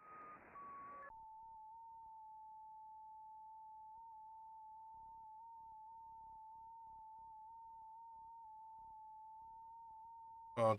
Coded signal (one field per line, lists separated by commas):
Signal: FT8